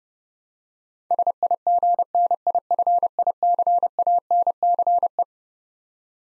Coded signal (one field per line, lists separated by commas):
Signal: Morse code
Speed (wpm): 30 wpm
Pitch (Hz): 700 Hz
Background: none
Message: SIGNIFICANCE